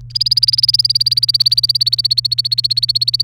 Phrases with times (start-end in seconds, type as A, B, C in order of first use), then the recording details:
0.10-3.23 A. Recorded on 30 April 2018 at 07:59. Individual llb3